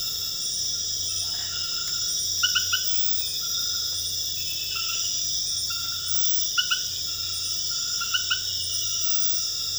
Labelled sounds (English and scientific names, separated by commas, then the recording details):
none
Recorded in dense forest near Puerto Asís, Putumayo, Colombia, on 9 March 2025 at 00:00
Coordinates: 0.484, -76.325
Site G045